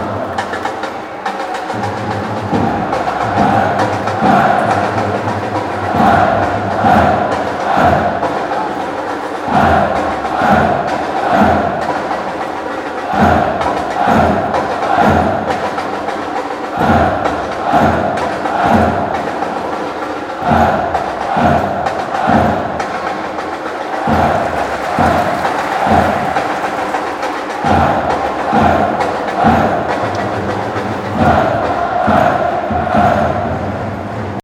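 Supporters chant together in a packed football stadium, heard from high in the stands. Steady, regular drumbeats pound under the sustained singing for the whole stretch, with a dense crowd roar that never lets up.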